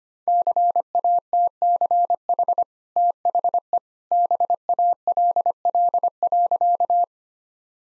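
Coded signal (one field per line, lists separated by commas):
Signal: Morse code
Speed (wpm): 25 wpm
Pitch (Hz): 700 Hz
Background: none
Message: CATCH THE BALL.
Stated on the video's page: Morse code practice sentences at 25 wpm with contextual hints, a copying drill.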